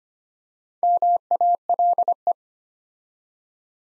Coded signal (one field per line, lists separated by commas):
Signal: Morse code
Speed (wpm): 25 wpm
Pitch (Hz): 700 Hz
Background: none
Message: MALE